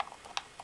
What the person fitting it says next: og den smekker på plass med en magnet her.